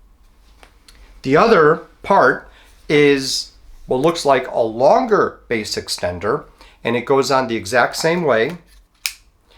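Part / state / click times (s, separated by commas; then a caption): battery base extender onto handheld gimbal camera / seated / 9.1 s. A battery base extender is slid onto the bottom of a DJI Osmo Pocket 3 handheld gimbal camera while someone talks. It snaps home with a sharp click at 9.1 s and is seated.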